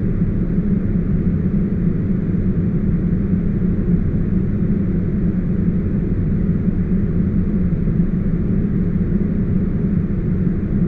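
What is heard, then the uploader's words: Deep, uninterrupted noise holds perfectly steady for the whole stretch, with no breaks or events. Its weight sits low, a dense rumble centered in the bass with a softer hiss above and nothing bright at the top, like an engine drone. Deep uninterrupted white noise.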